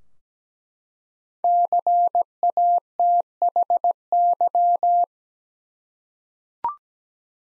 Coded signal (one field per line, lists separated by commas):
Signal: Morse code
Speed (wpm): 17 wpm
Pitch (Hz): 700 Hz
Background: none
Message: CATHY